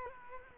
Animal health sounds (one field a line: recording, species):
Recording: mosquito wingbeat signal from an infrared sensor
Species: Culex quinquefasciatus